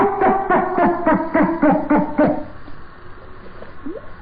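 Dolphin pulsed calls: rapid harmonic bursts repeated about four times a second for two seconds, then fading to faint squeaks over a low background hiss.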